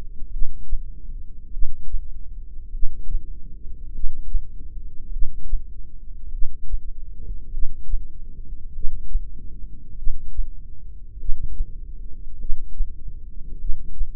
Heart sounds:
heart sounds by microphone in the left ear; 50 bpm
0.33 s: heartbeat
1.54 s: heartbeat
2.75 s: heartbeat
3.95 s: heartbeat
5.13 s: heartbeat
6.34 s: heartbeat
7.54 s: heartbeat
8.75 s: heartbeat
9.99 s: heartbeat
11.20 s: heartbeat
12.40 s: heartbeat
13.61 s: heartbeat
From the record:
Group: heart failure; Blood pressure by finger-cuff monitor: 117/65 mmHg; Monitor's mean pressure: 82 mmHg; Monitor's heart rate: 50 bpm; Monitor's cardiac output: 4.4 L/min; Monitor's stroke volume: 88 mL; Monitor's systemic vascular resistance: 1370 dyn s/cm5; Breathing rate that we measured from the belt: 14 breaths a minute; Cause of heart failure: cardiac sarcoid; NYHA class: 1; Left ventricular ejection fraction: 39%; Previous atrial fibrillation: present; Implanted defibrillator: present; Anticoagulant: apixaban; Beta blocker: carvedilol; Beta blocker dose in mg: 50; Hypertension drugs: ramipril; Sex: male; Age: 79 years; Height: 184 cm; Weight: 92.5 kg

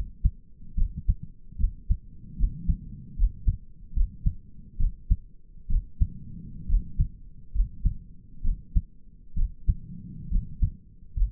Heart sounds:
heart sounds by stethoscope; 69 bpm
0.77 s: heartbeat
1.59 s: heartbeat
2.39 s: heartbeat
3.18 s: heartbeat
3.96 s: heartbeat
4.80 s: heartbeat
5.70 s: heartbeat
6.69 s: heartbeat
7.54 s: heartbeat
8.44 s: heartbeat
9.37 s: heartbeat
10.31 s: heartbeat
11.16 s: heartbeat
From the record:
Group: healthy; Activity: cold pressor test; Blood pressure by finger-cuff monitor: 90/57 mmHg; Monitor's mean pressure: 70 mmHg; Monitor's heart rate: 70 bpm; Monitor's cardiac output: 6 L/min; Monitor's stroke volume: 85 mL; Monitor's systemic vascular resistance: 800 dyn s/cm5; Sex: male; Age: 22 years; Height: 181 cm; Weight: 79 kg

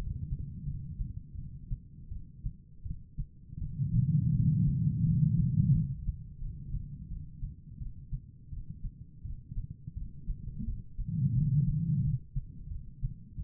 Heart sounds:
heart sounds by stethoscope; 85 bpm
0.65 s: heartbeat
1.36 s: heartbeat
2.09 s: heartbeat
2.83 s: heartbeat
3.59 s: heartbeat
4.33 s: heartbeat
5.03 s: heartbeat
5.72 s: heartbeat
6.39 s: heartbeat
7.09 s: heartbeat
7.79 s: heartbeat
8.50 s: heartbeat
9.23 s: heartbeat
9.94 s: heartbeat
10.65 s: heartbeat
11.35 s: heartbeat
12.02 s: heartbeat
12.69 s: heartbeat
13.37 s: heartbeat
From the record:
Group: healthy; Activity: rest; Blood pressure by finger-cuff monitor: 125/75 mmHg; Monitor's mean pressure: 98 mmHg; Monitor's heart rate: 85 bpm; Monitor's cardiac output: 6.6 L/min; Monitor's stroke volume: 77 mL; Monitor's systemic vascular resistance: 1130 dyn s/cm5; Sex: female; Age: 51 years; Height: 162 cm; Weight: 70.04 kg

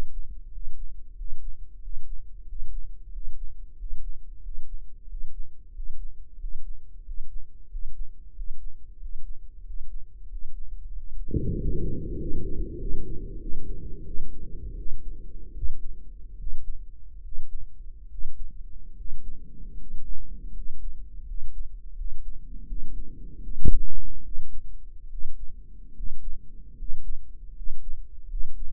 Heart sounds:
heart sounds by microphone in the right ear; 84 bpm
0.48 s: heartbeat
1.13 s: heartbeat
1.78 s: heartbeat
2.43 s: heartbeat
3.09 s: heartbeat
3.74 s: heartbeat
4.39 s: heartbeat
5.05 s: heartbeat
5.70 s: heartbeat
6.36 s: heartbeat
7.02 s: heartbeat
7.66 s: heartbeat
8.32 s: heartbeat
8.96 s: heartbeat
9.61 s: heartbeat
10.26 s: heartbeat
10.91 s: heartbeat
11.54 s: heartbeat
12.17 s: heartbeat
12.78 s: heartbeat
13.39 s: heartbeat
14.04 s: heartbeat
14.75 s: heartbeat
15.53 s: heartbeat
16.37 s: heartbeat
17.21 s: heartbeat
18.08 s: heartbeat
18.94 s: heartbeat
19.76 s: heartbeat
20.52 s: heartbeat
21.24 s: heartbeat
21.94 s: heartbeat
22.65 s: heartbeat
23.41 s: heartbeat
24.22 s: heartbeat
25.08 s: heartbeat
25.93 s: heartbeat
26.75 s: heartbeat
27.52 s: heartbeat
28.26 s: heartbeat
From the record:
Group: healthy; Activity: breath hold 0-13 s, rest 13-29 s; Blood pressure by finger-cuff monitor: 105/66 mmHg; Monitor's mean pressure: 74 mmHg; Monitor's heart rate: 91 bpm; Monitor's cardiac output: 7 L/min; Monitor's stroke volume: 86 mL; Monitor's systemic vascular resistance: 670 dyn s/cm5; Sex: male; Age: 23 years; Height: 178 cm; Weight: 96.6 kg

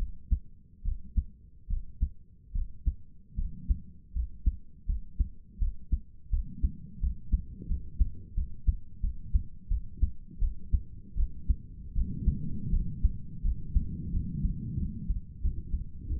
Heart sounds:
heart sounds by stethoscope; 83 bpm
0.84 s: heartbeat
1.69 s: heartbeat
2.54 s: heartbeat
3.37 s: heartbeat
4.14 s: heartbeat
4.87 s: heartbeat
5.60 s: heartbeat
6.31 s: heartbeat
7.01 s: heartbeat
7.68 s: heartbeat
8.35 s: heartbeat
9.01 s: heartbeat
9.69 s: heartbeat
10.40 s: heartbeat
11.16 s: heartbeat
11.94 s: heartbeat
12.71 s: heartbeat
13.43 s: heartbeat
14.12 s: heartbeat
14.78 s: heartbeat
15.42 s: heartbeat
16.08 s: heartbeat
From the record:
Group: healthy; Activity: cold pressor test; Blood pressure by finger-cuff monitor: 75/49 mmHg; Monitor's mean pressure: 61 mmHg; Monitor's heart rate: 82 bpm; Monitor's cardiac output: 6.7 L/min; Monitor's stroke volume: 83 mL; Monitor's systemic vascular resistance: 640 dyn s/cm5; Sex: female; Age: 22 years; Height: 163 cm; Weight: 67.1 kg

